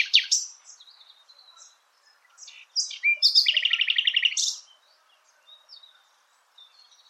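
Bird giving high chirps, then a fast rattling trill of rapid repeated notes lasting about a second, followed by scattered softer chips.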